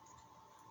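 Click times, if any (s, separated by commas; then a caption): none. A servo is handled at its mount in a model aircraft build, heard as a steady, even hiss with a constant tone near 1 kHz and no sharp transients. The servo has not clicked into the mount yet; nothing has seated.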